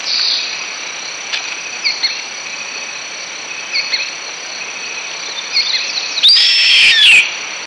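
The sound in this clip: Bird calls: short chirps scattered over a steady high insect drone, then a louder harsh, descending call near the end.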